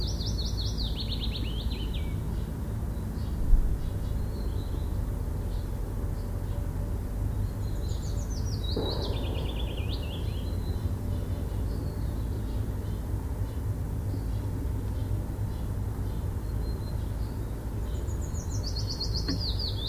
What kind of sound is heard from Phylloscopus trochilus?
song